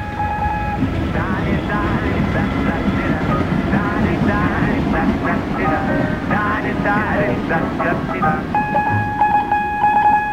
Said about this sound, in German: Die S-Bahn vor dem Haus.